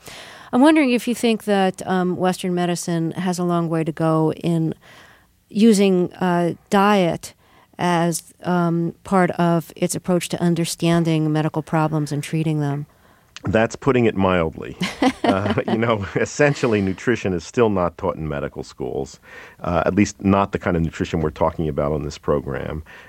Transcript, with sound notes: I'm wondering if you think that Western medicine has a long way to go in using diet as part of its approach to understanding medical problems and treating them.
That's putting it mildly.
(laughs)
But, you know, essentially nutrition is still not taught in medical schools, at least not the kind of nutrition we're talking about on this program.